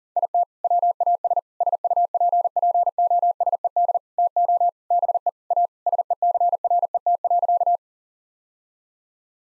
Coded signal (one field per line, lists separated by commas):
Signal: Morse code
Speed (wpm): 40 wpm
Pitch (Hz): 700 Hz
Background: none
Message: IT WAS SUPPOSED TO BE A SECRET.